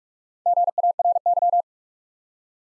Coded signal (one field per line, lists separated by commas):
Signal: Morse code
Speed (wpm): 46 wpm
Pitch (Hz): 700 Hz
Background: none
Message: GARY